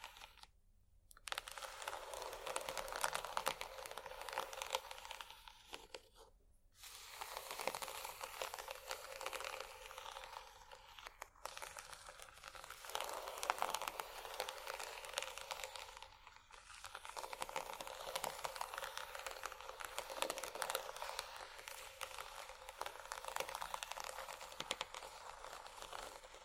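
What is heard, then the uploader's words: Bumpy textured items scratch in dense, crackly bursts, with brief pauses near 1, 6, 11 and 16 seconds; the scraping stays bright and gritty throughout. ASMR Bumpy Textured Items Scratching（No Talking）.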